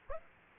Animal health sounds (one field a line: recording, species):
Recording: mosquito wingbeat signal from an infrared sensor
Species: Aedes aegypti